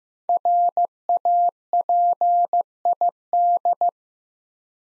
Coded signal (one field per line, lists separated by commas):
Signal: Morse code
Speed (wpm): 15 wpm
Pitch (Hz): 700 Hz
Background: none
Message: RAPID